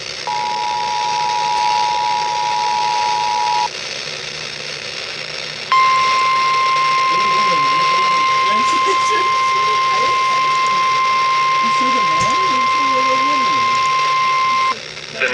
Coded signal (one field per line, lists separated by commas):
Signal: Emergency Alert System (SAME) tones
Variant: 853 and 960 Hz attention tone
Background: speech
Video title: severe thunderstorm warning on AM FM eas 135